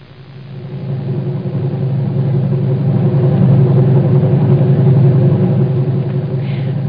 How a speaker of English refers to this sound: Why have we stopped? Why doesn't the taxi go on? It can't. The traffic light has changed to red. There is a lot of traffic in London, isn't there? You're quite right, madam. There is a lot of traffic.